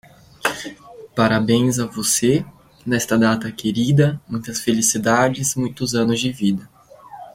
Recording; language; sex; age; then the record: short text; Brazilian Portuguese; male; 20 to 29 years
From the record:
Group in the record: control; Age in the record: 20 years